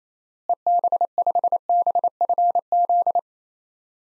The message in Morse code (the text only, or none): EB5BFZ